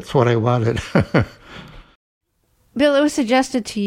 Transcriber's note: laughing